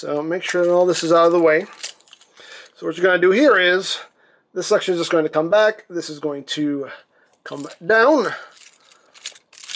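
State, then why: Seated. Someone talks while a plastic section of a robot toy is moved back and brought down into the toy body. Small clicks and rattles follow, and the plastic panel clips into place at 9.8 s.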